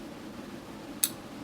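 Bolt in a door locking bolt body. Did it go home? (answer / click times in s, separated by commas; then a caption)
yes / 1.0 s. A steel bolt in a door locking bolt body is lifted up until it clicks into its second, raised position. A single sharp, bright click sounds at 1.0 s over quiet low background hum. The bolt is seated in the raised position.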